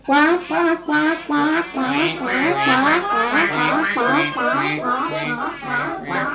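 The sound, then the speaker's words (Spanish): A voice imitates ducklings quacking, giving a quick series of bright, nasal quacks in an uneven rhythm that runs for several seconds, fairly loud and with no other sound behind it. “¡Cuac!”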